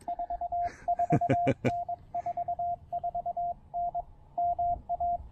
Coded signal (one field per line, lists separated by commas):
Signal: Morse code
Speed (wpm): 22 wpm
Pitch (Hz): 700 Hz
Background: radio noise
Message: 44N 44N MA